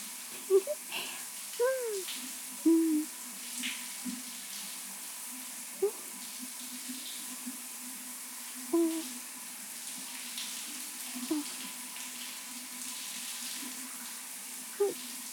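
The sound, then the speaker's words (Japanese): Shower water sprays steadily in a soft, even hiss, rinsing over someone's back, with scattered brief low bumps and gurgles breaking through now and then. “まあ、お酒のシュワシュワが待っているから、早いところ洗い流しちゃいましょうか。”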